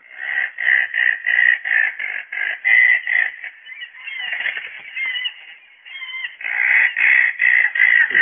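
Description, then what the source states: Razorbill calls, a rhythmic run of rough growling pulses, about three a second, breaking into a jumble of harsher notes midway before the pulsing resumes. Unusual call likened to a cross between a pig, a lawnmower and a motorbike.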